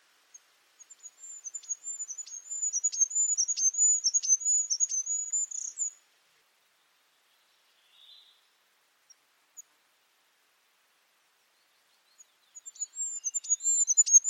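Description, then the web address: Bird song: a high, thin, warbling whistle with clicks for about six seconds, a long near-silent pause, then the song starting again. "Bird Only"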